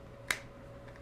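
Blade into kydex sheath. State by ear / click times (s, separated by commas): seated / 0.3 s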